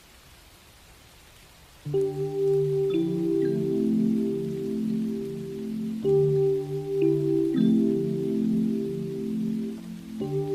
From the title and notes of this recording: Relaxing minecraft music with soft rain.